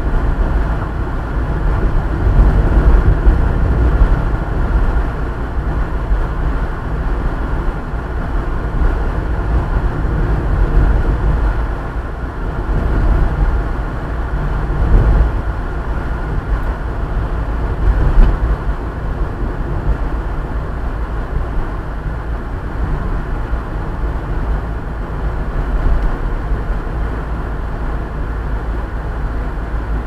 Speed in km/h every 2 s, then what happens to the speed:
47, 48, 47, 47, 47, 46, 45, 47, 47, 46, 46, 44, 45, 45, 44.
0-30 steady at about 46.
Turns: none.